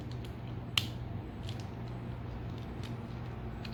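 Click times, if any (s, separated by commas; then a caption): 0.8 s. A plastic arm piece is worked into its slot on a transforming toy. It seats with one sharp, bright click at 0.8 s, and a few faint ticks of handling follow against a low background hum.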